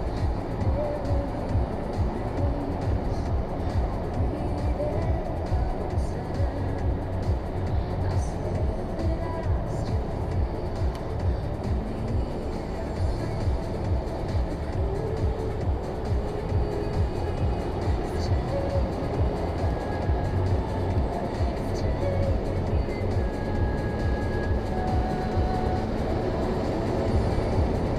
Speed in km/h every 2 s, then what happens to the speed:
88, 88, 88, 89, 89, 90, 90, 90, 94, 98, 102, 106, 110, 113.
0-14 steady at about 89. 14-28 speeds up to 113.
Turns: none.